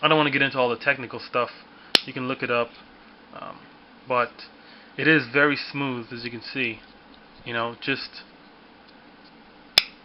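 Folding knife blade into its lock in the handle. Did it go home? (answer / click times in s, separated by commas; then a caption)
yes / 9.8 s. A man talks as the blade of a Spyderco Manix 2 Orange Sprint Run folding knife is swung open into its ball-bearing lock in the handle. A single sharp metallic snap at 9.8 s marks the blade locking open solidly, with no blade play.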